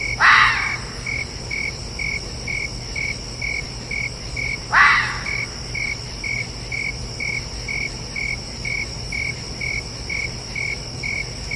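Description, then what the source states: Red fox uttering two loud, rasping barks roughly five seconds apart, with crickets trilling in short regular pulses throughout. Calling at night.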